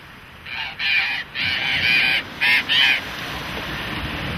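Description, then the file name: Burrowing parrot calls: a series of coarse, drawn-out screeching notes, with two shorter squawks near the end. "Loro Barranquero Voz"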